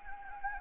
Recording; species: mosquito wingbeat signal from an infrared sensor; Anopheles gambiae